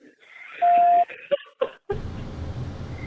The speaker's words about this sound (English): Leave a message after the beep.